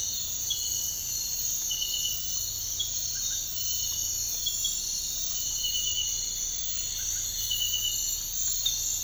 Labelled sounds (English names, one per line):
none